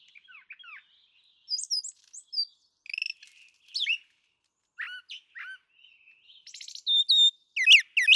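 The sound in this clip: Brown thrasher song: a varied run of short whistled and chirping phrases, some sweeping down, others buzzy, separated by brief pauses, with no other sounds.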